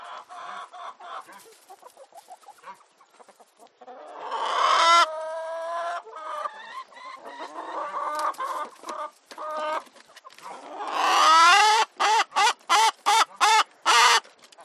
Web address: gallinas en el gallinero muchos cacareos y gritos